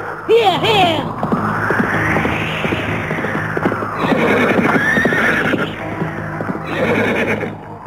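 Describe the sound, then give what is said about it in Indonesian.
A horse, Si Tunggul, lets out a loud, wavering whinny at the start, followed by steady hooves clip-clopping in a quick rhythm as it speeds off carrying riders, with a low rumble and brief voices underneath. “Si tunggul meringki keras.”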